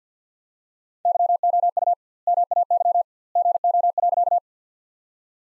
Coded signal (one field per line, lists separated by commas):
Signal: Morse code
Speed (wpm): 50 wpm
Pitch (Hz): 700 Hz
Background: none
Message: YOU MAY GO.